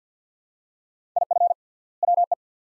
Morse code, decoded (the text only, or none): IF WE